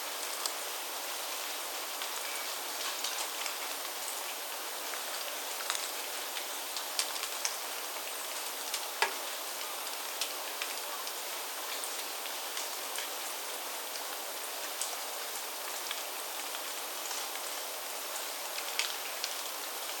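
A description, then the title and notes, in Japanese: Rain falls steadily, a dense, even hiss with no low rumble beneath it. Countless small drop ticks patter through it at an unchanging rate, with a few sharper drops standing out, one clearly around the nine-second mark. 雨 - 佐久良太神社奥の院（HPLバイノーラル）。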